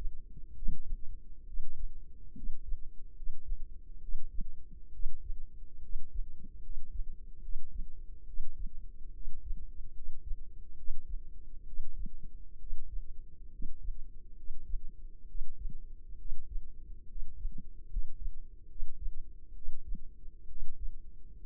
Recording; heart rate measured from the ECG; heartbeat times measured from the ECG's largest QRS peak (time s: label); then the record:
heart sounds by microphone in the left ear; 69 bpm
0.52 s: heartbeat
1.43 s: heartbeat
2.32 s: heartbeat
3.12 s: heartbeat
3.98 s: heartbeat
4.89 s: heartbeat
5.79 s: heartbeat
6.59 s: heartbeat
7.39 s: heartbeat
8.23 s: heartbeat
9.10 s: heartbeat
9.91 s: heartbeat
10.73 s: heartbeat
11.63 s: heartbeat
12.56 s: heartbeat
13.48 s: heartbeat
14.33 s: heartbeat
15.25 s: heartbeat
16.15 s: heartbeat
17.05 s: heartbeat
17.86 s: heartbeat
18.66 s: heartbeat
19.52 s: heartbeat
20.45 s: heartbeat
21.36 s: heartbeat
From the record:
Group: healthy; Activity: rest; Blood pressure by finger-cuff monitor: 134/75 mmHg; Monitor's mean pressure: 89 mmHg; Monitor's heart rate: 68 bpm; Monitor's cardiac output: 5.3 L/min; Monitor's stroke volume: 77 mL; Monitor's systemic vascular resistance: 1240 dyn s/cm5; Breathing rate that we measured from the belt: 16 breaths a minute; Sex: male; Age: 20 years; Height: 167 cm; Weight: 61 kg